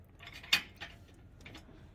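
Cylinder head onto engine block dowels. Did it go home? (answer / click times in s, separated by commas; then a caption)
no / none. A metal cylinder head for a Ford 6.0 Powerstroke engine is lowered by hoist onto the engine block during a fuel-in-coolant repair, meeting the block with a sharp metallic knock at 0.5 s, followed by a softer knock around 0.8 s and faint light ticks near 1.4–1.5 s. The head fails to catch the locating dowels, so nothing has seated or clicked yet.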